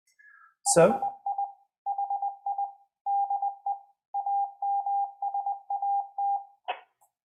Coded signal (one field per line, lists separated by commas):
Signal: Morse code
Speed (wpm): 20 wpm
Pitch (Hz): 800 Hz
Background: speech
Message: HI HI DE AMSAT